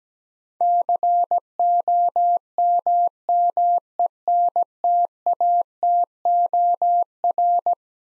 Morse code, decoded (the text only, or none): COMMENTATOR